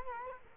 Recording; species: mosquito wingbeat signal from an infrared sensor; Culex quinquefasciatus